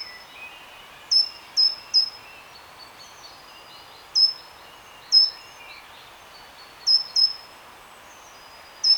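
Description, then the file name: Great tit calling with clipped high notes, singly and in short groups of two or three, with faint chatter in the background. "Parus major"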